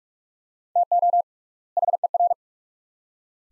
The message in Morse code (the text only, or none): TO HER